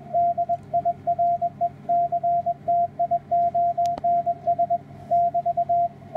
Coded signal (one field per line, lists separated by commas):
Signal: Morse code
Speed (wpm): 20 wpm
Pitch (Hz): 690 Hz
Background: radio noise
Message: DIRECTIONS <BT>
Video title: Mark K1RX qso with Wolf DF2PY